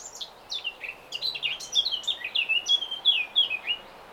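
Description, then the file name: Eurasian blackcap song, one sustained phrase of rapid varied notes, scratchy at first and turning into clearer whistled slurs. "Sylvia atricapilla"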